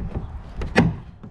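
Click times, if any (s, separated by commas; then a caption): 0.6 s. The seat frame of a 2021 Hobie Mirage Outback kayak is leaned forward and pushed onto the metal crossbar, and its clip gives a sharp click as it locks into place at 0.6 s. A louder, fuller knock follows near 0.8 s as the seat back is sat back, with a faint tap at 1.2 s. The seat is locked in and ready.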